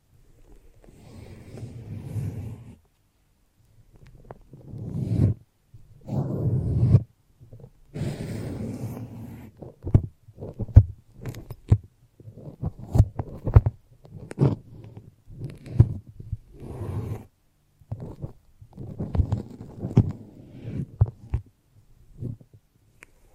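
Foamy, sticky massage sounds: soft low squishing swells in separate bursts through the first ten seconds, with short gaps of silence between them. After that the sound turns into quick, irregular sticky clicks and pops over a muffled, thumping low rumble.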